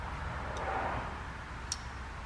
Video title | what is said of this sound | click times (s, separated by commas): 6.7 CUMMINS TIPM DIAGNOSTICS AND CONNECTOR REPLACEMENT (part numbers in description) | you hear a click | 1.7 s